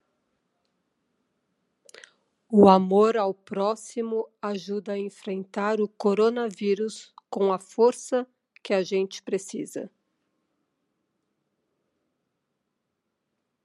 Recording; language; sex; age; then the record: spoken sentence; Brazilian Portuguese; female; 50 to 59 years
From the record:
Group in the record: control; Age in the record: 58 years